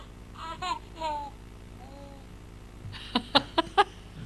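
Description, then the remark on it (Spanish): A strange, wavering cry rises and falls twice, followed by a fainter whimper, then a quick run of four loud, sharp, clucking bursts. “Nosotros dijimos suspensiones y se escuchó un llanto, ¿no?”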